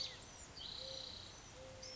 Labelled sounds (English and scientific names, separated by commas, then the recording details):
Mourning Dove (Zenaida macroura)
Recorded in Sonoma County, California